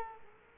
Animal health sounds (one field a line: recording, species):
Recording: mosquito wingbeat signal from an infrared sensor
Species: Culex quinquefasciatus